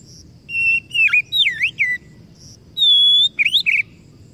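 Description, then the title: Oriental magpie-robin gives a series of sweet, swooping whistles, pauses briefly, then delivers a sustained pure whistle followed by a chattery flourish. Masteran (training recording) meant to provoke kacer into gacor (full, active singing); described as successful, the bird going on to become a contest champion. "Masteran Kacer Yang Sukses Memancing Kacer Gacor Sampai Jadi Juara"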